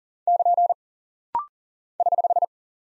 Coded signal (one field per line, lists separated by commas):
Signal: Morse code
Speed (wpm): 38 wpm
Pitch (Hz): 700 Hz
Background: none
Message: <KN> <HH>